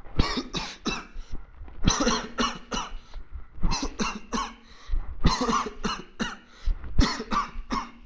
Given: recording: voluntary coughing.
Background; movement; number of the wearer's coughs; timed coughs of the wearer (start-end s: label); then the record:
quiet; walking; 17
0.16-0.47 s: cough
0.54-0.75 s: cough
0.83-1.10 s: cough
1.81-2.05 s: cough
2.05-2.36 s: cough
2.36-2.70 s: cough
2.70-2.95 s: cough
3.55-3.91 s: cough
3.97-4.26 s: cough
4.31-4.52 s: cough
5.22-5.45 s: cough
5.45-5.75 s: cough
5.82-6.07 s: cough
6.18-6.50 s: cough
6.98-7.30 s: cough
7.30-7.61 s: cough
7.70-7.98 s: cough
From the record:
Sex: male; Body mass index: 21.0 kg/m2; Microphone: on the chest, facing the body